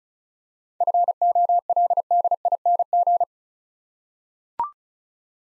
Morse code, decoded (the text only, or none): FOLDING